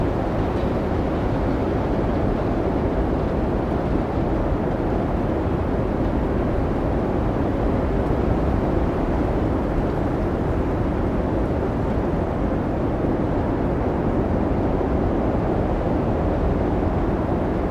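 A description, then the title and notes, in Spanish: A winter storm's wind roars without letup, a dense, heavy rush concentrated in the low and middle range with a rougher, hissing layer above. Loudness holds nearly constant for the whole stretch, with only slight swells and no separate events standing out. Ambiente de Tormenta Invernal | Blizzard Islandés y Viento Aullante. Capturado durante la noche en la enorme tormenta de nieve Diddú en Reikiavik, experimenta los sonidos reales y salvajes de vientos aullantes y nieve giratoria.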